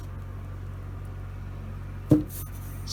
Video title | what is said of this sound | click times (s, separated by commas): Allis Chalmers WD45 "Restoration" Part 16: Power Steering Torque Generator | snaps into place uh right there so | 2.1 s